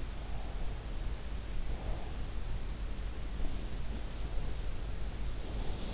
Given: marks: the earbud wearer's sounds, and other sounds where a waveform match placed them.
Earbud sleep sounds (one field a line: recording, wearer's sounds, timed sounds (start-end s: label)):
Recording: sounds in sleep by an in-ear microphone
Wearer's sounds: breath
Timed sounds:
0.05-2.31 s: breath
3.35-5.94 s: sound from someone else or the room